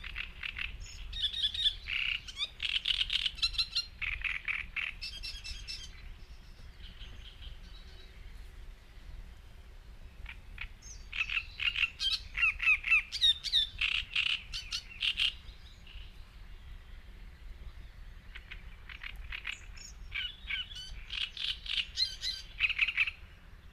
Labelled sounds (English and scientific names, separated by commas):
Great Reed Warbler (Acrocephalus arundinaceus) song